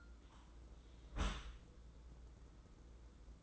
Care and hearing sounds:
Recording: daily activity, microphone in the room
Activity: close dishwasher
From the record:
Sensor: 3

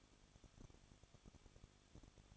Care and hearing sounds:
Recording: daily activity, microphone in the room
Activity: no activity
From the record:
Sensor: 4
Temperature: 23.0 degrees Celsius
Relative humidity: 34.4%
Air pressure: 1007.2 hPa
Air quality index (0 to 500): 216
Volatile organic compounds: 15 ppm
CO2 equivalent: 2502 ppm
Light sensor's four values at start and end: 2/3/1/1 and 2/3/1/1

